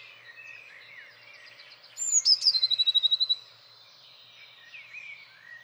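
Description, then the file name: Eurasian blue tit singing one phrase: a couple of high thin notes, then a rapid steady trill about a second long, with soft twittering of other birds around. "Blåmeis"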